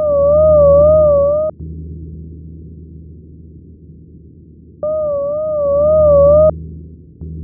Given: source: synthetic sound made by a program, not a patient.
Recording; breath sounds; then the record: synthetic breath sounds; stridor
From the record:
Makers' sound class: wheeze